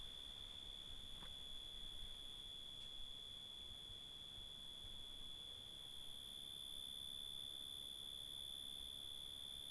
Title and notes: Hato Corozal, Casanare, Colombia - Grillos. GRillos en una REserva NAtural